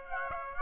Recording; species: mosquito wingbeat signal from an infrared sensor; Aedes aegypti